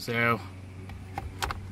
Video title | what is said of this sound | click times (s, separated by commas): Wrapping Steering Wheel with VViViD 3D Carbon Fiber Tech Art Vinyl Wrap (Scion tC2 / tC2.5) | these clip back in so you just basically line it up press the clip down it'll click and then push the yellow tab in and that's it reinstalled so | 1.4 s